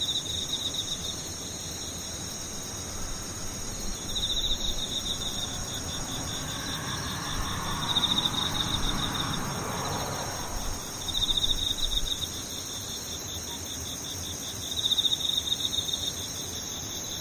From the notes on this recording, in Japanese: ムシ